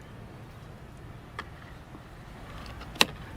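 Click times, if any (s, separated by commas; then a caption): 3.0 s. The back of an aosu SolarCam D1 Classic solar pan-tilt security camera is slid onto a plastic wall bracket screwed to the wall. A faint tick sounds at 1.4 s over low background noise, then a sharp, loud click at 3.0 s as the camera locks into place on the mount.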